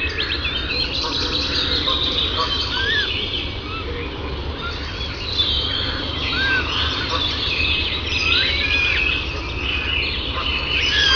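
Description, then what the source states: Busy chorus of birds trading chirps, whistles and upslurred notes throughout, with a constant low rumbling hum beneath. In the woods.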